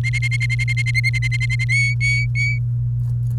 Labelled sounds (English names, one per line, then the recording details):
Domestic Canary song
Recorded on 30 April 2018 at 05:45
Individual llb3